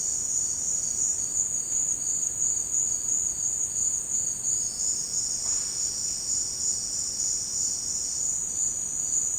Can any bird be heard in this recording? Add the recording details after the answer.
no. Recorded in dense forest near Puerto Asís, Putumayo, Colombia, on 24 March 2025 at 13:30. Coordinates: 0.485, -76.318. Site G056